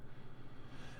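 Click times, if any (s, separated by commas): none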